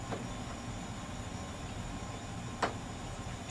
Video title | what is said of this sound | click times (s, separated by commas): Tech Tip Solder Traxxas Plug.mp4 | push it in place until it snaps when it snaps the tab will be all the way to the front | 2.6 s